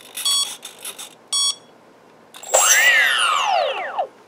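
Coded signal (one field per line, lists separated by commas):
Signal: beep code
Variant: brushless motor ESC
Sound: two short buzzy beeps with fainter chirps between, then a motor spinning up and down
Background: motor whine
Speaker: it stopped when I run the motor.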